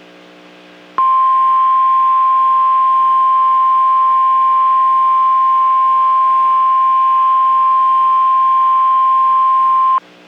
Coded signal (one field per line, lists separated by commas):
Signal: Emergency Alert System (SAME) tones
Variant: 1050 Hz attention tone